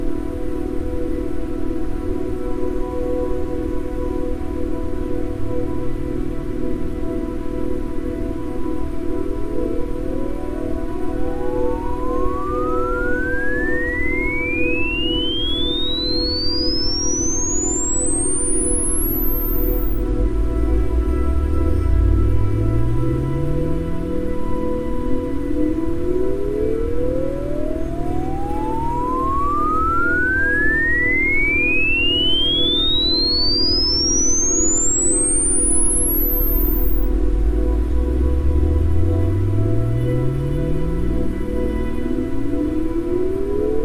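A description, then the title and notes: A steady wash of white noise with a low, pulsing tone underneath holds at an even level throughout. Three times, about every seventeen seconds, a pure tone glides slowly upward from a deep rumble to a thin, piercing whistle. 40hz Isochronic Tones & White Noise.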